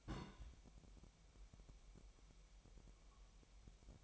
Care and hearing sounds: daily activity, microphone in the room; place on stove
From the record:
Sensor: 1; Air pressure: 1002.0 hPa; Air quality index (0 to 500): 247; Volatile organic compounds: 52 ppm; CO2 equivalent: 3317 ppm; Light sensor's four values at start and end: 5/13/5/6 and 5/13/5/6

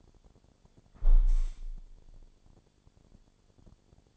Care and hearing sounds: daily activity, microphone in the room; close window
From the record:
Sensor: 5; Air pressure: 1000.6 hPa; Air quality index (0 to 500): 154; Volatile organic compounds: 2 ppm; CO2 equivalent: 1175 ppm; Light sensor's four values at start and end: 39/92/38/41 and 39/92/38/41

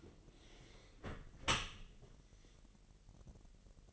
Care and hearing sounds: daily activity, microphone in the room; close dishwasher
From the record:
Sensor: 4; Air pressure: 1001.3 hPa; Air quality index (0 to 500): 249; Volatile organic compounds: 46 ppm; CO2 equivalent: 3240 ppm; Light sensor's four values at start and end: 8/18/7/6 and 8/18/7/6

